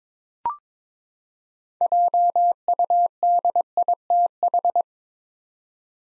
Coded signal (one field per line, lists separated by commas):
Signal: Morse code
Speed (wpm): 22 wpm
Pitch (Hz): 700 Hz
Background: none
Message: JUDITH